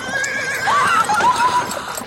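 A trotting horse pulling a carriage lets out a loud, shrill, wavering neigh that rises and falls over about two seconds, with a steady clip-clop of hooves underneath.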